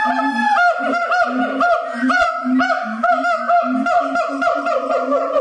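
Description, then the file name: Siamang calls: loud, nasal, honking notes repeated roughly twice a second, each with a rich harmonic ring. "siamang vocalizations"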